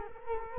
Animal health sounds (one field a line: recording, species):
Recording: mosquito wingbeat signal from an infrared sensor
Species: Culex quinquefasciatus